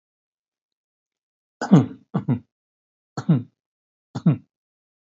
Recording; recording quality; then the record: shallow voluntary cough; excellent, no background noise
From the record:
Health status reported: healthy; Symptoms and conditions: none ticked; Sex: male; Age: 52 years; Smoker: not ticked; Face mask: not worn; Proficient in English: yes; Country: India